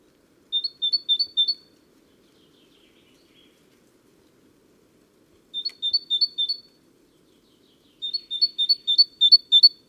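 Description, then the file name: Great tit repeating sharp two-note phrases in three separate bursts, the last one longest, with quiet gaps between. "Parus major"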